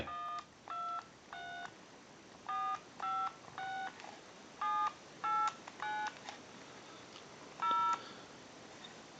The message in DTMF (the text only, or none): 123 456789 0